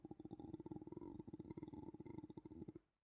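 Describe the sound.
A voice imitates a sulking, grumbling bear with a low, rumbling growl that pulses rapidly and steadily for about three seconds, then stops abruptly. No words are spoken.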